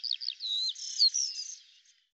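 Bird song, a brief burst of quick trilled notes and smeared whistles that fades out after about two seconds.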